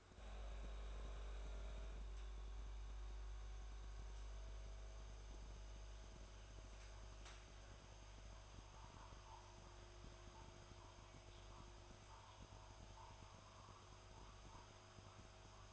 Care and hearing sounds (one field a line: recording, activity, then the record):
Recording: daily activity, microphone in the room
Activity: make coffee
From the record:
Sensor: 2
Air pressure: 1004.1 hPa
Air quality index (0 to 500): 192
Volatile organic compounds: 11 ppm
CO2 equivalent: 2304 ppm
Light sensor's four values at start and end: 4/11/4/4 and 4/11/4/4